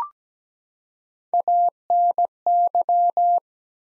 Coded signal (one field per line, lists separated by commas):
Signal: Morse code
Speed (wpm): 17 wpm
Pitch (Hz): 700 Hz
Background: none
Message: ANY